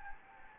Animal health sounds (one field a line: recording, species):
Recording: mosquito wingbeat signal from an infrared sensor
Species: Anopheles gambiae